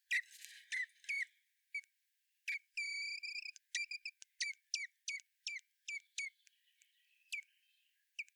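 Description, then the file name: Common blackbird calls: a series of sharp chinking notes, with a longer whistled note early on. "Turdus merula"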